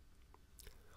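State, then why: Seated. The cam lock lever on the mandible support of a Ferno cervical immobilization collar is pushed up flat against the plastic adjustment post. A faint tap at 0.3 s comes before the lock snaps shut with a short, sharp click at 0.6 s, followed by a softer knock just after. The lock is seated.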